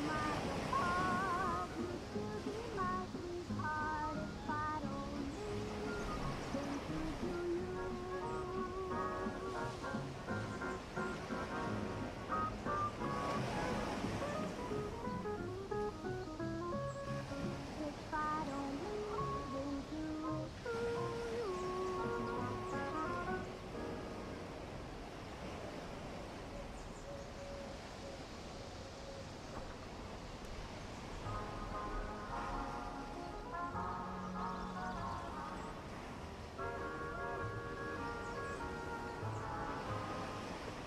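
Ocean waves wash steadily on a beach, a dense, constant roar with swells around 7 and 14 seconds, while oldies music plays over it with clear melodic notes. After about 24 seconds everything dips a little quieter, then the music's tones return more clearly near 31 seconds.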